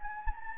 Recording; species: mosquito wingbeat signal from an infrared sensor; Anopheles gambiae